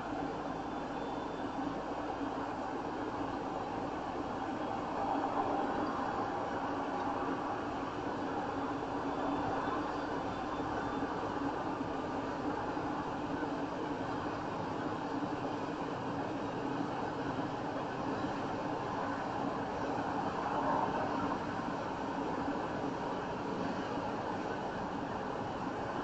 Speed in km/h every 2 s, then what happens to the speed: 68, 69, 72, 74, 79, 77, 79, 81, 84, 84, 85, 85, 87.
0-15 speeds up to 84. 15-26 steady at about 85.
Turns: none.